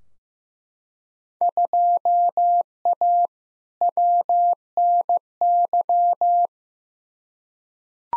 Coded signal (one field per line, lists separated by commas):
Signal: Morse code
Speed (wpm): 16 wpm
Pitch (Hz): 700 Hz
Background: none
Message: 2A WNY